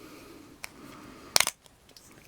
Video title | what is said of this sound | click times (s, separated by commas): Playmobil set # 6464 Group of Outlaws (Playmobil Plus) review | so it snaps into place | 1.4 s